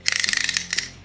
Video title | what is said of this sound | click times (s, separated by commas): Boxer Tactical Apogee Belt is Tacti-Classy! | you go in the hole and it catches the clasp which you can hear it clicking | 0.1 s, 0.2 s, 0.3 s, 0.6 s, 0.8 s